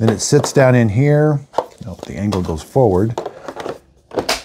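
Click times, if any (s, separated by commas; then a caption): 4.3 s. The plastic dust bin, with its cleaned and dried filter back in, is set into its slot in a Dreametech L10S Ultra robot vacuum, angled forward, and pushed down. Someone talks, then small knocks sound around 3.5 and 3.7 seconds. The bin snaps into place with a sharp click at 4.3 seconds and is seated.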